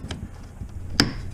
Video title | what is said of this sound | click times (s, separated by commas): How To Replace a 20 Year old Fuel Filter on a Jetta 2.0 | Okay, you heard that nice little snap. | 1.0 s